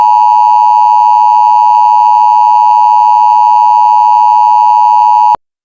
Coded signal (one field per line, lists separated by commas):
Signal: Emergency Alert System (SAME) tones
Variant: 853 and 960 Hz attention tone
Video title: Hurricane Ike (An EAS Mock)